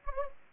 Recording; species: mosquito wingbeat signal from an infrared sensor; Anopheles gambiae